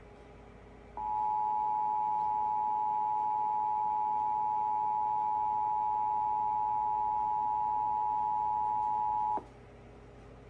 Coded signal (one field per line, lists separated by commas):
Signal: Emergency Alert System (SAME) tones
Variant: 853 and 960 Hz attention tone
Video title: EAS #103 - Sept 2025 Required Monthly Test